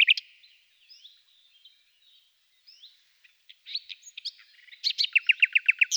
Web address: agykontroll CD 3-A természet hangjai - Fülemülék